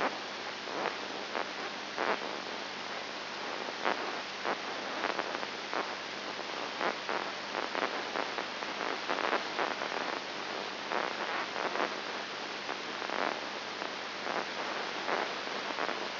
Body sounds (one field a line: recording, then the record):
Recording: brain microelectrode recording played as sound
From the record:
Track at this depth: inside the subthalamic nucleus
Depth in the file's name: 4.101 mm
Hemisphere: left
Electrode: 2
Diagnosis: Parkinson's disease